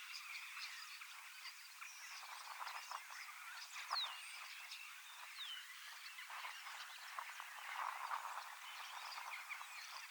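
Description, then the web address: Common starlings in a dense flock chorus, a steady mass of chattering, clicks and short whistles. Large flock of young starlings practising their song in preparation for next spring; recorded 25 August 2026 in Finland. "paivat 25 8 2026 iso kottaraisten nuorisoparvi valmistautuu ensi kevaaseen lauluharjoittelemalla"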